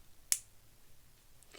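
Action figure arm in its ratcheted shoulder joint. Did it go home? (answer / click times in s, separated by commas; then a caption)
yes / 0.3 s. The plastic arm of a Playmates Toys Monster Force Frankenstein action figure, fitted with an arm accessory, is rotated in its ratcheted shoulder joint. A single sharp, loud snap is heard at 0.3 s, followed by quiet, faint rustles near the end. The arm clicks into place and is seated.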